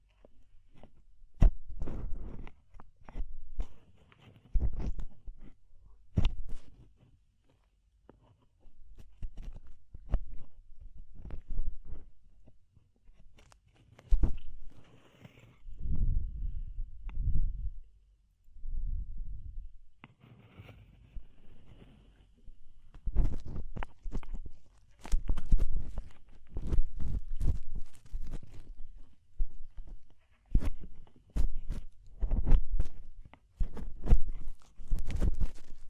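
Deep ear cleaning sounds come in short bursts of scraping, rubbing and crackling, each lasting about a second with brief silences between. The rhythm stays busy throughout, with a duller, heavier rubbing stretch around fifteen to twenty seconds and sharp clicky crackles elsewhere.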